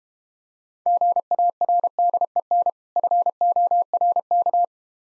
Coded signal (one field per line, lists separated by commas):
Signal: Morse code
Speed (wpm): 32 wpm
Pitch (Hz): 700 Hz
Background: none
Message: GARDEN FORK